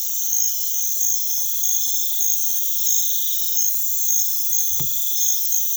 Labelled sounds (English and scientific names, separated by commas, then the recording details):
none
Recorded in pastures near Puerto Asís, Putumayo, Colombia, on 4 March 2025 at 04:00
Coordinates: 0.487, -76.322
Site G077